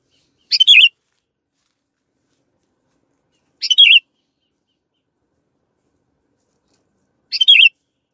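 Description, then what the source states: Canary: three short, bright chirped phrases a few seconds apart, separated by silence. Canary song used as master audio for training songbirds.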